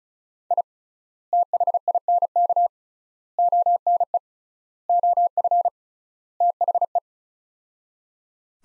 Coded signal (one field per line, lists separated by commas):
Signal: Morse code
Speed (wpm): 36 wpm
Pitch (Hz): 700 Hz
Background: none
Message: I THINK ONE OF THE